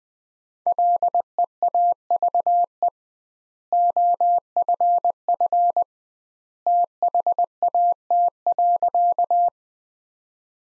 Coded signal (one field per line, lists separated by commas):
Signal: Morse code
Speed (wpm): 20 wpm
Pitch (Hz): 700 Hz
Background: none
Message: LEAVE OFF THAT.